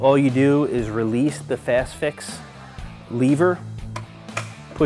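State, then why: Seated. Someone talks while releasing the fast-fix lever on a Festool TS55 REQ track saw and pushing the saw body down for a blade change. The fast-fix spindle lock in the track saw housing clicks in at 4.4 seconds, locking the motor so the blade is held in position.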